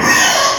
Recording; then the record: squeal of a Yucatan mini pig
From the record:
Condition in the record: before surgery on the right vocal fold (resection and tissue-engineered implant); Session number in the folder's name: 2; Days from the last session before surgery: 0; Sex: male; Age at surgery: 12 weeks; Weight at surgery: 13 kg